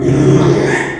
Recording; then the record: squeal of a Yucatan mini pig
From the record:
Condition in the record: after surgery on the right vocal fold (resection and tissue-engineered implant); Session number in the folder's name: 3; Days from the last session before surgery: 33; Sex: male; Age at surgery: 12 weeks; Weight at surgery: 13 kg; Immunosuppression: cyclosporine, prednisolone